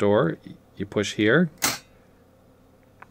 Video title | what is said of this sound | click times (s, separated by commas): Quick take: Fixing an interesting Okidata GM-3315BU 5.25" floppy drive | and it pops out | 3.0 s